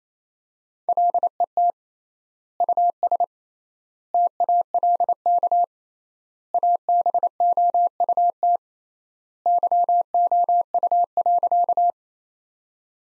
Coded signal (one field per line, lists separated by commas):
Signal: Morse code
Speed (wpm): 27 wpm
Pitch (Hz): 700 Hz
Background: none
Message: LET US TALK ABOUT YOU.